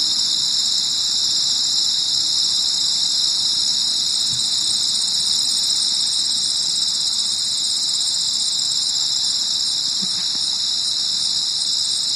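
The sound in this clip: Continuous high cricket chirping, layered pulsing trills running without a break, with two faint low thumps.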